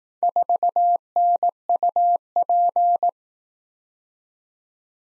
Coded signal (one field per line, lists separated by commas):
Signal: Morse code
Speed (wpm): 19 wpm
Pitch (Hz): 700 Hz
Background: none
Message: 4NUP